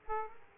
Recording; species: mosquito wingbeat signal from an infrared sensor; Aedes aegypti